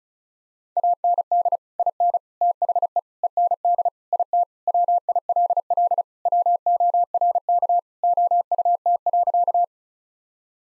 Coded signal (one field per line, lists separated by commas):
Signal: Morse code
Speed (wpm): 34 wpm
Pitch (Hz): 700 Hz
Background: none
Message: AND IN THE END IT WILL WORK OUT.